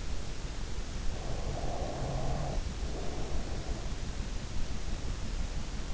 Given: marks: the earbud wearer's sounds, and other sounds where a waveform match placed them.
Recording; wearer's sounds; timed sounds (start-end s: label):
sounds in sleep by an in-ear microphone; breath
1.12-4.19 s: breath